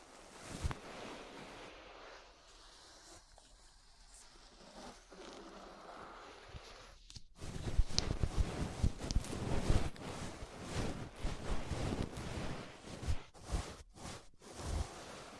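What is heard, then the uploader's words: Ear brushing with soft, hissy strokes that start quiet and sparse for the first seven seconds, then grow louder and denser after a brief silence. Scratchy rustles and small clicks follow in quick, irregular bursts, broken by a few short pauses near the end. ASMR Relaxing 3Dio Ear Brushing (No Talking).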